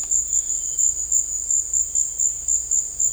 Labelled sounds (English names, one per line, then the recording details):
none
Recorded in dense forest near Puerto Asís, Putumayo, Colombia, on 26 December 2024 at 17:00
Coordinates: 0.485, -76.318
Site GP03